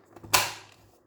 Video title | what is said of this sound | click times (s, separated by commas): Jaquar Concealed Flush Tank Siphon Service | इस rail पर fit हो जाएंगे, और आपको एक क्लिक की आवाज सुनाई देगी। | 0.3 s